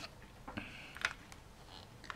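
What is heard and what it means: While building a plastic clock kit, someone presses the larger of two plastic connector pegs into the plastic frame, producing light plastic handling taps and clicks, with the sharpest ones around 1.1 and 2.1 seconds. The peg has not seated or snapped into place yet by the end of the clip.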